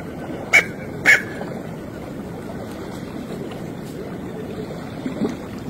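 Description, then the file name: Smew giving two quick clipped calls in succession near the start, followed by faint steady hiss with a soft trace of a further note. "Canto do merganso pequeno"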